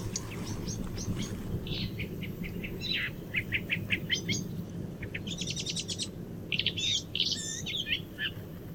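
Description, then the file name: Eurasian blackcap song: a run of quick scratchy notes that builds into a faster, brighter warble, over a steady low rumble. "Sylvia atricapilla"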